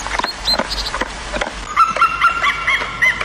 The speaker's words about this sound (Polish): Te dźwięki to niedźwiedź jedzący w pośpiechu orzechy.